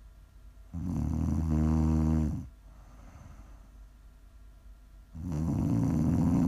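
Two loud, low-pitched, buzzing snores, each lasting about a second and a half, separated by a quiet exhale. Their steady, droning tone gives a breathing rhythm of roughly 13 breaths a minute. This is ordinary sleep snoring.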